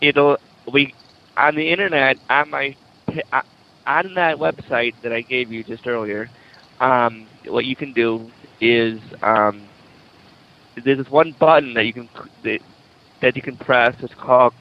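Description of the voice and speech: Adult male speech with stuttering: long pauses, stretched sounds and phrase repetitions break up the flow of speech.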